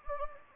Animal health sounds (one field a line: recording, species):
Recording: mosquito wingbeat signal from an infrared sensor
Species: Anopheles gambiae